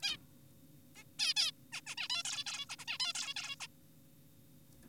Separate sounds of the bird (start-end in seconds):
0.03-0.18, 0.96-1.04, 1.19-1.34, 1.36-1.51, 1.73-1.81, 1.87-1.95, 1.98-2.08, 2.10-2.23, 2.25-2.44, 2.46-2.66, 2.70-2.76, 2.79-2.85, 2.88-2.98, 3.00-3.13, 3.15-3.34, 3.37-3.56, 3.60-3.67